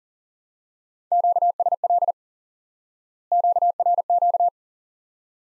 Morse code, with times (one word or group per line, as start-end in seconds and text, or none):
1.1-2.1 QSL
3.3-4.5 QRQ